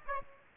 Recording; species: mosquito wingbeat signal from an infrared sensor; Aedes aegypti